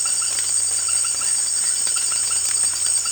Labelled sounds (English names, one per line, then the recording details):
none
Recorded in secondary vegetation near Puerto Asís, Putumayo, Colombia, on 24 June 2025
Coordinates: 0.488, -76.319
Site G094